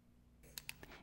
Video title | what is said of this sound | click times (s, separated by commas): FreeStyle Optium Neo Blood Glucose and Ketone Monitoring System | replace the cap until it snaps or clicks into place | 0.6 s, 0.7 s